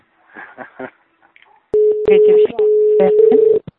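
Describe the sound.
A few soft spoken words, then a loud, steady telephone tone cuts in and holds with a couple of brief breaks, while a voice talks over it.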